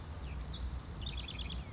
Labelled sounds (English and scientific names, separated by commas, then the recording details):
House Wren (Troglodytes aedon)
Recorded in Sonoma County, California